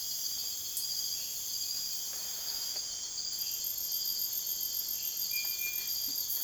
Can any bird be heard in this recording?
no